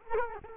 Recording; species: mosquito wingbeat signal from an infrared sensor; Culex quinquefasciatus